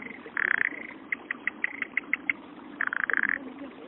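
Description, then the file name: Frog calling with rapid rattling pulse trains and short single notes at a mid pitch, with a dense trill at the start and end and separate clicks between them. "kaeru"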